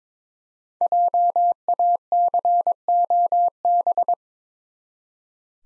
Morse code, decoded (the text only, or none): JACOB